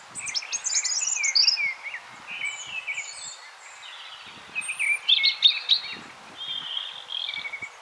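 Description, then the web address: European robin song with high tinkling notes and short trills in varied phrases with short pauses. "SETE Erithacus rubecula"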